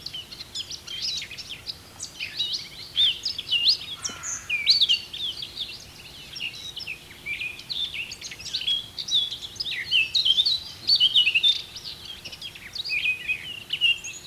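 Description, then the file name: Eurasian blackcap singing a long, restless warble of scratchy and fluty notes in irregular bursts, with a soft low hum underneath. "Sylvia atricapilla"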